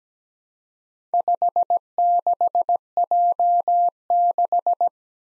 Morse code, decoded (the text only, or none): 56J6